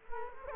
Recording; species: mosquito wingbeat signal from an infrared sensor; Culex quinquefasciatus